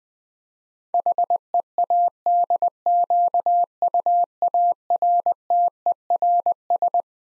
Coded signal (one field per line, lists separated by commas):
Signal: Morse code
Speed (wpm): 21 wpm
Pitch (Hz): 700 Hz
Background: none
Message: HEADQUARTERS